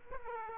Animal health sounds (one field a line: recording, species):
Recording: mosquito wingbeat signal from an infrared sensor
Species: Aedes aegypti